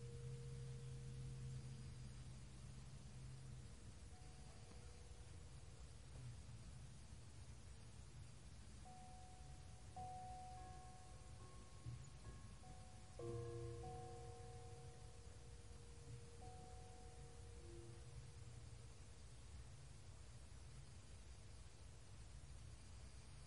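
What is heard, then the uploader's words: Steady white noise hisses through the whole clip over a low, rumbling bed. Soft, sustained bell tones ring in and out, a low one at the start, then clusters of higher, overlapping tones from about ten to eighteen seconds, with a brief swell near thirteen seconds. Calming bells white noise.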